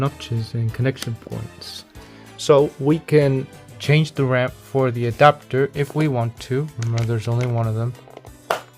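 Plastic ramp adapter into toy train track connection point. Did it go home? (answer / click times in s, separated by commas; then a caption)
yes / 8.5 s. A plastic ramp adapter is fitted into a connection point on a toy train track while someone talks over background music. The adapter snaps into place with a sharp click at 8.5 s, seating firmly.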